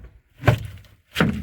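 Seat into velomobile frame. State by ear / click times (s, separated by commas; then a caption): seated / 1.2 s. The seat of a solar-modified Alleweder A4 velomobile is set in place in its frame with a thunk at about 0.5 s, then pressed down a little. It clips into its mount with a sharp click at 1.2 s, and the seat is seated.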